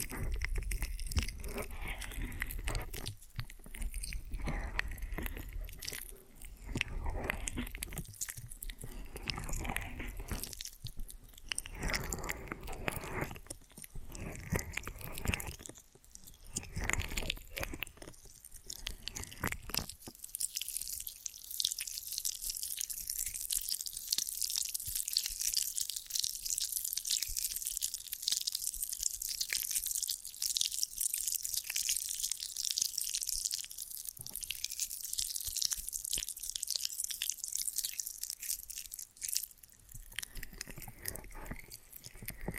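Ear and scalp massage sounds: for the first twenty seconds, dense, uneven rubbing and squishing with soft thuds and crackles, full and low. From about 20 to 40 seconds it turns thin and bright, a steady hiss of fine scratching and crackling, before fuller rubbing returns briefly at the end.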